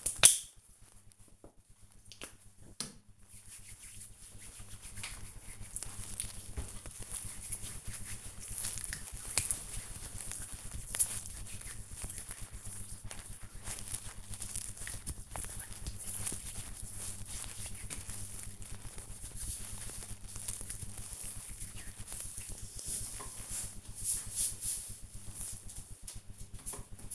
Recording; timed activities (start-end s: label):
household activities, microphone on the right wrist
0.00-22.20 s: cream hands